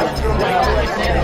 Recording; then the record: background sound without coughing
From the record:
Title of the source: Nightlife Party Simulating Party Club Noise 1 Hour